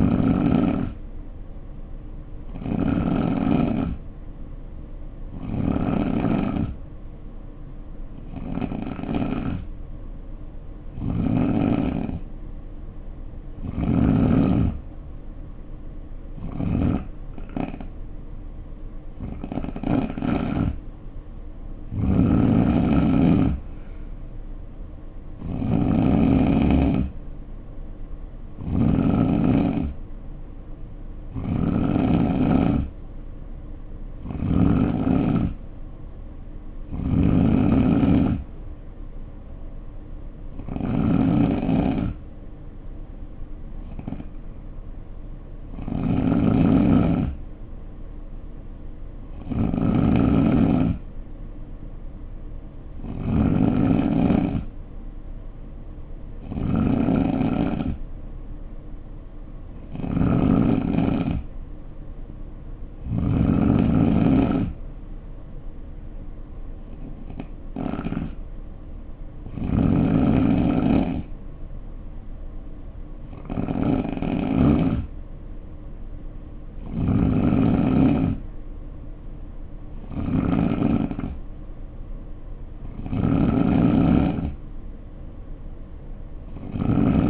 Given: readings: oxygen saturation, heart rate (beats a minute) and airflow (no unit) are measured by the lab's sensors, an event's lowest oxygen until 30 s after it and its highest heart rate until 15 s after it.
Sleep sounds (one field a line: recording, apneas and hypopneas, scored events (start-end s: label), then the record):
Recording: breathing in sleep by a smartphone at the bedside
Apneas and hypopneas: 1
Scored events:
8.00-27.30 s: hypopnea (N2, oxygen 90% highest, then 87% lowest, heart rate 63 at the start, 66 highest)
17.00-87.30 s: new sleep stage, N3 (deep sleep)
From the record:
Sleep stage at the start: N2 (light sleep)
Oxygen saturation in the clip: 87 to 91%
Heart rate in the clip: 59 to 66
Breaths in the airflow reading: 27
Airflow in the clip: -5.2 to 3.2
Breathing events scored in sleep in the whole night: 520 in 7.2 hours asleep